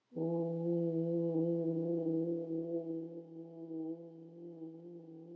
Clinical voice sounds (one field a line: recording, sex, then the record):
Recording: sustained vowel /u/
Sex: female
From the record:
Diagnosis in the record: healthy control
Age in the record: 72 years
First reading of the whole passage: 67 s, 7.5 characters per second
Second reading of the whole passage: 67 s, 7.5 characters per second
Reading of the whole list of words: 68 s, 4.2 characters per second